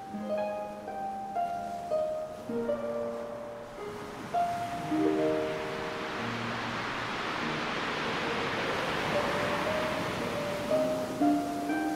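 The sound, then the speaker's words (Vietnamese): A steady, rushing wash of surf swells and lingers for several seconds, while soft sustained musical notes drift over the roar of the waves. “Anh chậm chậm cúi xuống, hôn lên môi cô một nụ hôn ngọt ngào, mặc cho tiếng sóng vẫn vỗ ầm ầm ngoài kia.”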